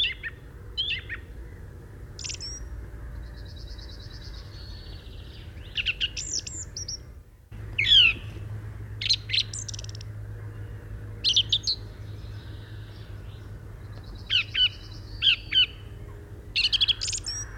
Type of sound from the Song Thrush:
song